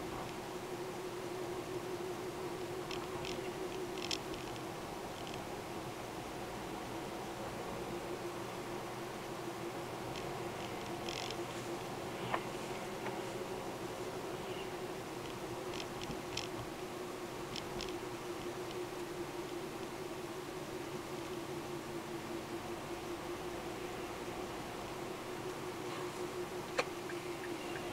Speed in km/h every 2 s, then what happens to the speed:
38, 38, 41, 41, 43, 42, 41, 40, 39, 38, 34, 33, 32, 33.
0-9 steady at about 41. 9-28 slows to 33.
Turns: none.